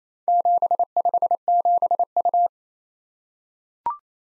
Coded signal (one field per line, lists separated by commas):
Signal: Morse code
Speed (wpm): 29 wpm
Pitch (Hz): 700 Hz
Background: none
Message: 757U